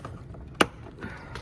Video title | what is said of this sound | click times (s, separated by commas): Rebuilding My 2016 Honda Civic 👀 | Sound like it clicked in. | 0.6 s